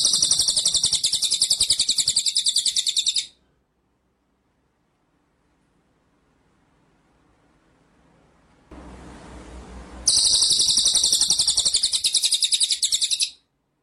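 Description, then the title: White-rumped shama rolling trill, a high buzzy pulsed rattle lasting about three seconds, then silence and hiss before a second equally long burst. Masteran (training) song of white-rumped shama; full ngerol nembak style. "Masteran Murai Batu Full Ngerol Nembak"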